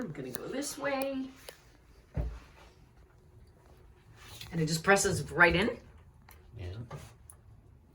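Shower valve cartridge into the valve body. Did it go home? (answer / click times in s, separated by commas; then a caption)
no / none. A replacement Moen single-handle shower cartridge made of plastic and brass is pressed by hand into the shower valve body while someone talks. It is pushed in until it stops, with only faint, brief handling sounds. Nothing has clicked or seated with a distinct click.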